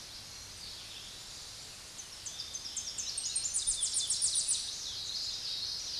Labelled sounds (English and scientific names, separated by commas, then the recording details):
Tennessee Warbler (Leiothlypis peregrina) song
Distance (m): 20 m
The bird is about 5 m above the microphone
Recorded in a Pennsylvania forest on 16 May 2024 at 06:11
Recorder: AudioMoth, point MSD-2007
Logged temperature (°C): 16.1 °C
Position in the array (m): 35 m, 57 m